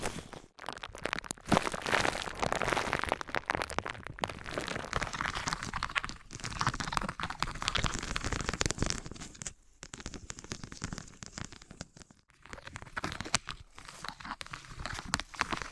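Materials such as foam, sponge and plastic are handled, giving dense, continuous crinkling and crackling with brief silences near one, ten and twelve seconds.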